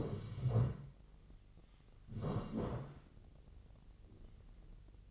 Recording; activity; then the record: daily activity, microphone in the room; sit down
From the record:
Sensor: 4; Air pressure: 1013.0 hPa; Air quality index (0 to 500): 169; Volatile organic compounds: 2 ppm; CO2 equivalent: 1071 ppm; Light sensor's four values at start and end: 50/124/52/56 and 51/125/53/56